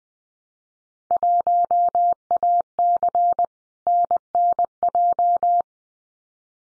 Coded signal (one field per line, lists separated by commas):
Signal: Morse code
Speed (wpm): 19 wpm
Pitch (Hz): 700 Hz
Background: none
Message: 1AC NNJ